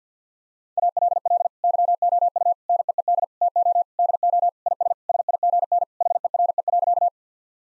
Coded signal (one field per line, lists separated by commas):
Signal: Morse code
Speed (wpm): 50 wpm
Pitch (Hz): 700 Hz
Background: none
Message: ALL YOU NEED TO DO IS SIGN HERE.